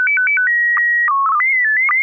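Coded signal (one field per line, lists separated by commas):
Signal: SSTV (slow-scan television)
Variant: PD 120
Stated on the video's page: SSTV net on an FM repeater, 441.30 MHz, Sacramento, California; images sent with MMSSTV software.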